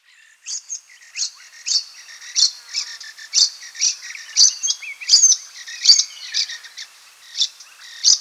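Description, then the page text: Rufous babbler calls: a busy run of sharp, high chattering notes and short whistled slurs, several per second with brief gaps, and no other sounds evident. "Rufous Babbler Calls. Quick Sounds"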